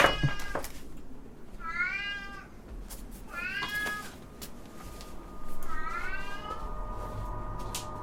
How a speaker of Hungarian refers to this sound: A cicának a nyávogása ne tévesszen meg senkit, a cica kapott enni, kapott inni, a cicának semmi baja nincsen, csak egy kicsit hisztis